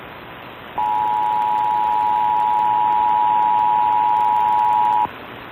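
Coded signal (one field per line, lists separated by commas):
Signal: Emergency Alert System (SAME) tones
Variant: 853 and 960 Hz attention tone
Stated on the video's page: Tornado Warning aired over a PBS Kids digital TV subchannel.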